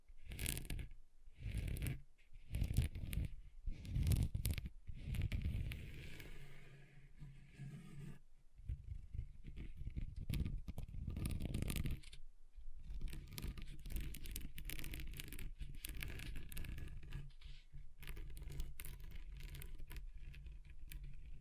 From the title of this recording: Table Scratching Different Surfaces